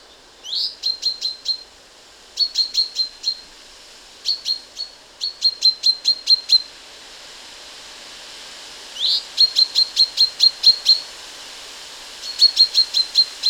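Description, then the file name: Common chaffinch giving bursts of short, sharp high notes, each a run of several quick notes, some starting with a rising sweep, repeated at irregular intervals. "Fringilla coelebs"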